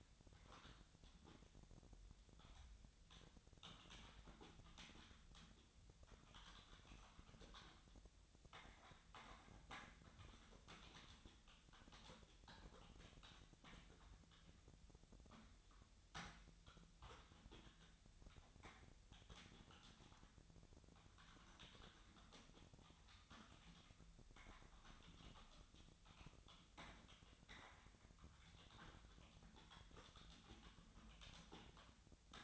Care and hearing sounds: daily activity, microphone in the room; typing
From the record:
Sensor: 3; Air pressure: 1009.4 hPa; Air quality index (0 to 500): 196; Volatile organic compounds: 16 ppm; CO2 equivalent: 2552 ppm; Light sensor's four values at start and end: 36/88/38/40 and 36/89/38/41

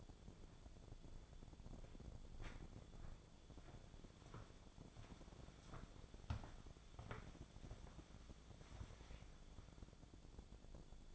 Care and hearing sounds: daily activity, microphone in the room; walk to room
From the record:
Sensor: 5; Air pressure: 1000.0 hPa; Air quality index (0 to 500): 90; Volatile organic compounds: 1 ppm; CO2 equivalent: 744 ppm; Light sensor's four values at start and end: 355/875/367/408 and 354/830/362/414

